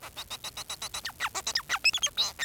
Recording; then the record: song of a male Bengalese finch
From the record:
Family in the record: son of father 4